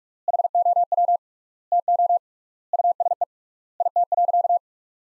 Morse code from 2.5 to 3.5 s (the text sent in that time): USE